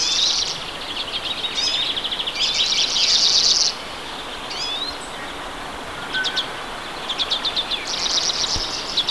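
Redpoll calls, bursts of buzzy rattling trills and short chattering notes, several in quick succession with brief pauses, over a steady low background hiss.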